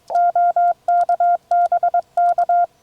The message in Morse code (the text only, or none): OK BK